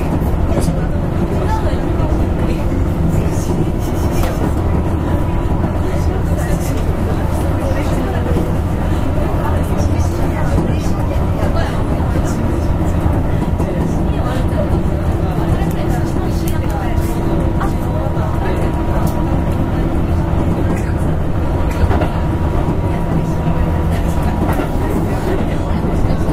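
A Keihan 6000 series train runs along with a steady, dense low rumble that holds level throughout. Faint tonal whines rise and settle in the middle, and brief clicks and rattles come through now and then, with murmured voices underneath.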